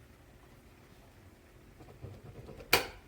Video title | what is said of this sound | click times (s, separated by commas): Review MHW-3BOMBER 58.35mm Espresso Coffee Tamper with Three Spring Loaded Calibrated Espresso Tampe | There. You hear it click down | 2.7 s